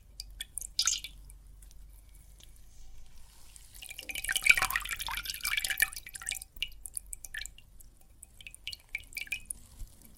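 Water and soap foam make wet, crackling sounds: scattered drips and bubbly pops come and go at first, then a denser fizzing swell builds from about four to six seconds. Afterward the popping thins into sparse, bright ticks over a faint low rumble.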